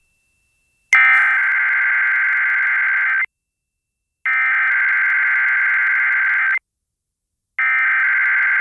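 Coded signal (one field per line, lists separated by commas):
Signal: Emergency Alert System (SAME) tones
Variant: header bursts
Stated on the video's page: North Carolina Required Monthly Test and tornado drill captured from an FM station.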